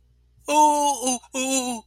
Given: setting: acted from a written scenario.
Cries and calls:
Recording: vocal sound without words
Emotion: distress

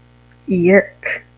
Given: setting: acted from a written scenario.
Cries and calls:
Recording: vocal sound without words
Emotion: disgust

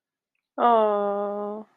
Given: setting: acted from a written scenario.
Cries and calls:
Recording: vocal sound without words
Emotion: adoration

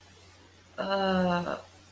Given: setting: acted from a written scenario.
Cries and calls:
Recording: vocal sound without words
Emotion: confusion

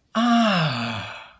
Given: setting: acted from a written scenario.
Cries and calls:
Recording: vocal sound without words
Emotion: realization

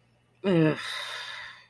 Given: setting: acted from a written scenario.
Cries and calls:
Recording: vocal sound without words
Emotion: shame

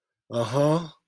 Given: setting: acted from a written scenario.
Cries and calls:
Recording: vocal sound without words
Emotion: sympathy

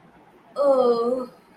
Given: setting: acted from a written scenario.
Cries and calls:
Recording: vocal sound without words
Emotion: contentment

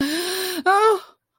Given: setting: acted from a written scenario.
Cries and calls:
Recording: vocal sound without words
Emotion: fear

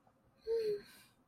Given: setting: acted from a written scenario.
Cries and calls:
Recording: vocal sound without words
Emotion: serenity

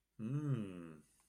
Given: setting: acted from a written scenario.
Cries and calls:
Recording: vocal sound without words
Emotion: desire

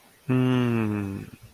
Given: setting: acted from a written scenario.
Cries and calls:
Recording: vocal sound without words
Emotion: contentment

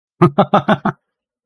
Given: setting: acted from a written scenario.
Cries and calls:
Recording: vocal sound without words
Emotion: amusement

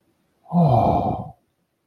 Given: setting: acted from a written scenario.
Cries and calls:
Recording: vocal sound without words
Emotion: romantic love

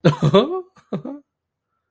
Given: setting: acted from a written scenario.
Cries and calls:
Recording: vocal sound without words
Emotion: positive surprise

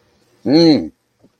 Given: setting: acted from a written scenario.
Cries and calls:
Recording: vocal sound without words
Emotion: distress

